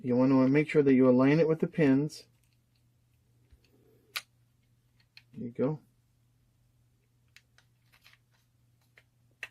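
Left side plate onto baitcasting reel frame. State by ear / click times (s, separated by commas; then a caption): seated / 9.4 s. Someone talks while the left side plate of a Piscifun Chaos Round baitcasting reel is lined up with its pins and pressed onto the reel frame, with a few faint ticks and taps along the way. The plate snaps into place with a sharp click at 9.4 s, seated with no gaps.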